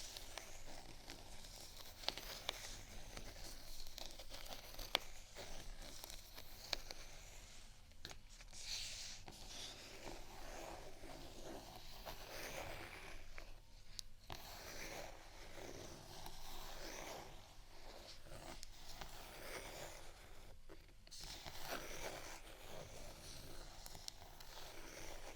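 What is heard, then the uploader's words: Scratching and tapping on textured items runs continuously, a dense rough rustle with sharp taps scattered throughout, clearest near 2, 5, 8 and 14 seconds. A low steady hum sits underneath, and brief pauses near 8 and 21 seconds break the texture. ASMR Scratch & Tap On Textured Items & beat （No Talking）.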